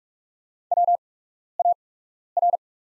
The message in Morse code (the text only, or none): WAR